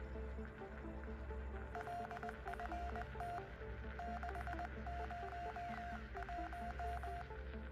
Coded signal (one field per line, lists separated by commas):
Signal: Morse code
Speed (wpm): 19 wpm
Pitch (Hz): 700 Hz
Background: none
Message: LFT 601